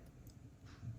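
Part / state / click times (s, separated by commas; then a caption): trumpet piston valve guide into valve casing notch / not seated / none. A trumpet piston valve is turned by hand inside its valve casing so its guide can find the casing notch, with quiet handling noise and a faint brief tick near 0.3 s. Nothing has seated or clicked into the notch yet.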